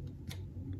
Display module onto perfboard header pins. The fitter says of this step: e berkın üzerine yerleştirdiğim tam oturmuyor